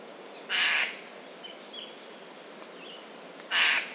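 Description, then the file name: Eurasian jay giving two loud, harsh, rasping screeches about three seconds apart, with soft high chirps from small birds in between. "Garrulus glandarius"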